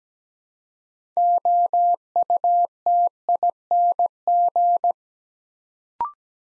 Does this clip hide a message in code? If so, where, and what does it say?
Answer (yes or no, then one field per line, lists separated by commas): yes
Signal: Morse code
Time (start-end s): 1.2-4.9 s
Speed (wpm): 17 wpm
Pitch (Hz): 700 Hz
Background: none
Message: OUTING